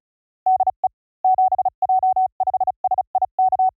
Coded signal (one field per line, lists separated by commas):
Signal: Morse code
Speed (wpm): 33 wpm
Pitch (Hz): 780 Hz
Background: none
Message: DE 7J5SIK